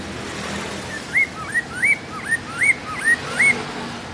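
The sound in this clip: Bird song made of clear upward-sweeping whistles, about seven notes in a quick series, over a low constant hum.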